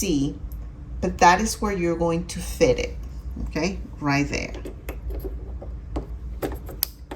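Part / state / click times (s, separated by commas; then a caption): bobbin onto sewing machine bobbin winder shaft / seated / 6.8 s. A plastic bobbin is fitted onto the bobbin winder shaft of a Brother SE1900 sewing machine and pushed until it clicks into place. Someone talks, followed by faint small taps, and then a sharp click at 6.8 seconds as the bobbin seats on the winder spindle.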